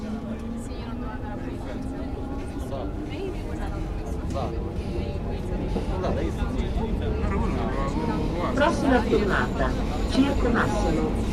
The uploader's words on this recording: Recorded by Cities and Memory. A metro journey beneath the streets of Rome from the Termini station to Circo Massimo. Train noise, doors opening and closing.